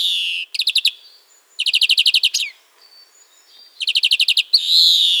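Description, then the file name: European greenfinch calls: a drawn-out nasal wheeze, then fast rattling trills of bright repeated notes in three bursts, ending with another long buzzy wheeze. "carduelis chloris"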